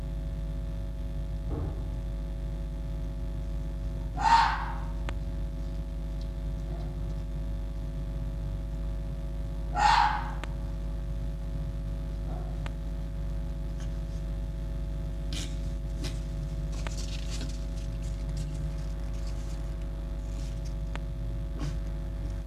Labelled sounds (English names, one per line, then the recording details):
Red Fox
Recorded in captivity
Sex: female
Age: adult
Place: Zoologisches Institut der HUB, Berlin, DE
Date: 1956-02-22 17:45
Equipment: Elmetra
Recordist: Tembrock, Günter